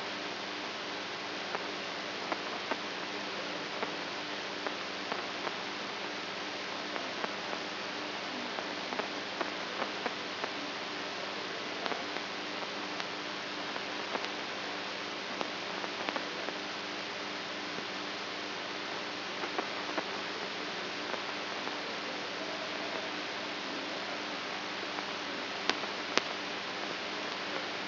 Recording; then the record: brain microelectrode recording played as sound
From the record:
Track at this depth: outside the subthalamic nucleus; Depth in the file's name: 6.906 mm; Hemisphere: right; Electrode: 3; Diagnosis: Parkinson's disease